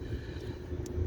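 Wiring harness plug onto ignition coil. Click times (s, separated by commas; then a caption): 0.9 s. A wiring harness electrical plug is pushed back onto an ignition coil over a steady low hum, and a small, sharp click sounds at 0.9 s as it seats. The connector is confirmed clicked in, with its red locking tab to be pushed in afterward.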